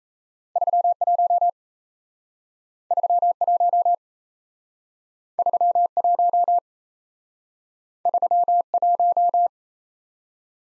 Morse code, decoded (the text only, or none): 31 31 31 31